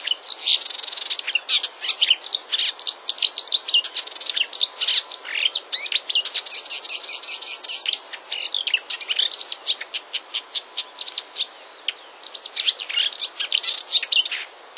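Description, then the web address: Marsh warbler song, a lively, varied medley of trills, chirps and buzzy notes, delivered rapidly with only brief pauses near the end. "wroblowe kolekcja lozowka"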